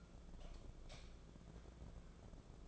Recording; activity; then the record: daily activity, microphone in the room; light off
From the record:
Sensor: 5